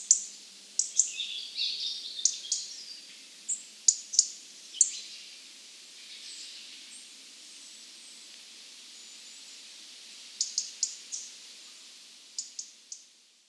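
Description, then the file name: European robin song: high thin notes and brief twittering phrases early on, a long quiet gap, then scattered sharp ticking notes near the end. "Erithacus rubecula"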